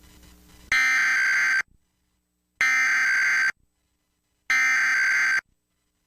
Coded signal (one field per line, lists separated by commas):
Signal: Emergency Alert System (SAME) tones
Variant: header bursts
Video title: What is? The Emergency Alert System